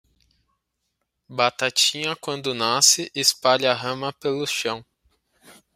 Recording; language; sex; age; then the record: short text; Brazilian Portuguese; male; 20 to 29 years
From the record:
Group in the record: control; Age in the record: 24 years